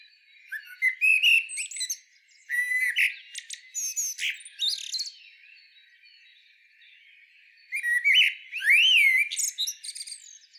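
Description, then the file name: Common blackbird: several phrases of bright whistled slurs and scratchy high twittering, separated by pauses. "Turdus merula"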